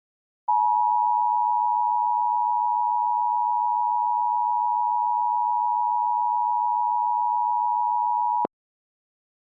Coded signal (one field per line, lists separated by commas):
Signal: Emergency Alert System (SAME) tones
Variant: 853 and 960 Hz attention tone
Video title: The Triggering (Troll EAS Scenario)